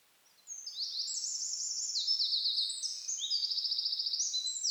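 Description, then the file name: Eurasian wren song, an energetic high-pitched sequence of rapid trills and buzzy rattles, several distinct trilled phrases following one another without a break. "Troglodytes troglodytes"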